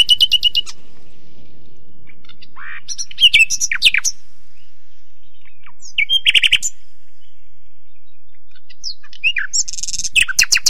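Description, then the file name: Nightingale song: bursts of rapid repeated clicking notes alternate with sharp whistled slurs and churring phrases, separated by short pauses. "pesnia solov ia"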